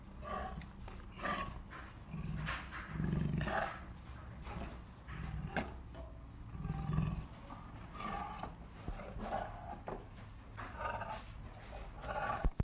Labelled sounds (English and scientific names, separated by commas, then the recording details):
Tiger (Panthera tigris)
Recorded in captivity
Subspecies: tigris
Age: adult
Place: Tierpark Berlin, Berlin, DE
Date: 1960-02-15
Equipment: Reporter, Vollspur
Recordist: TSA